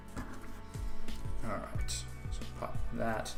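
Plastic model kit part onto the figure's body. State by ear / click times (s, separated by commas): not seated / none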